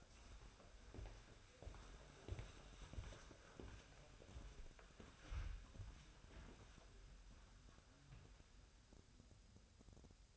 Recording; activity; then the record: daily activity, microphone in the room; walk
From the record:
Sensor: 2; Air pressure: 1015.1 hPa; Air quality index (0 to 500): 124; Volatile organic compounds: 4 ppm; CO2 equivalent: 1595 ppm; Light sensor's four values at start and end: 12/33/13/14 and 12/34/13/15